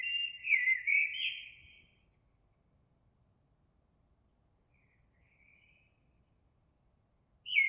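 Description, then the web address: Eurasian blackbird delivering a rich fluted phrase with a high squeaky tail, then a long quiet spell with a faint note before the next phrase starts. Recorded 26 April 2022. "oiseaux Merle 2022 04 26"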